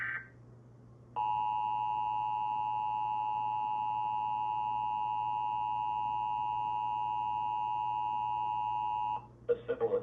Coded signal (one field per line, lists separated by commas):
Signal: Emergency Alert System (SAME) tones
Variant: 853 and 960 Hz attention tone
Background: speech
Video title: EAS: New Jersey RMT (2/17/2026)